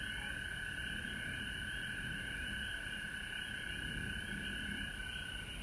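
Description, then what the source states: Frogs calling together in a thick, ceaseless high-pitched chorus of overlapping trills, with a soft low rumble beneath. Frogs recorded at home in Georgia on March 19, 2020.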